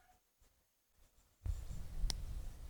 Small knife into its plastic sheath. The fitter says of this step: Хм а він там ще й досить впевнено фіксується